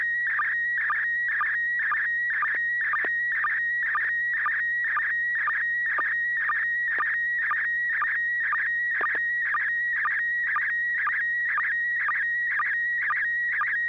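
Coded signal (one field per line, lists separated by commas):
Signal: SSTV (slow-scan television)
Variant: PD mode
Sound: rhythmic warbling tone, about two scan lines a second, steady whistle between with low clicks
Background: low hum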